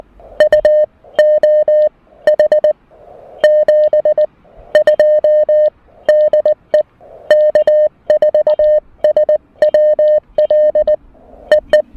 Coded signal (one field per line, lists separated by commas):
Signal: Morse code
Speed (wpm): 18 wpm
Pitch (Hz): 590 Hz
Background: music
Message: UOH 72 DE K4SWL EE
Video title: First POTA activation with the new Mountain Topper MTR-4B V2!